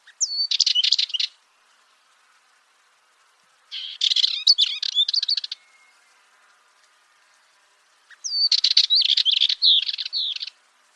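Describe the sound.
Bird song: three phrases a few seconds apart, each a quick, buzzy run of high chirps, two of them opening with a falling whistle.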